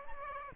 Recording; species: mosquito wingbeat signal from an infrared sensor; Aedes aegypti